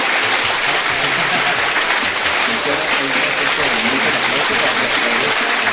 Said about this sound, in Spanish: Muy bien, lo acabamos de escuchar. Un aplauso.